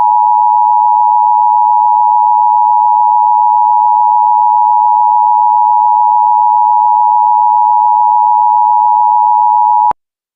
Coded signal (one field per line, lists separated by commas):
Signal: Emergency Alert System (SAME) tones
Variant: 853 and 960 Hz attention tone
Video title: The Creature: An EAS Scenario